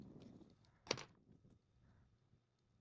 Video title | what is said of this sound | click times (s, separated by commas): Nintendo Switch 2 Stick Drift FIX! Gulikit TMR Stick Upgrade | Now insert the trigger back into place and press it down until it clicks. | 0.9 s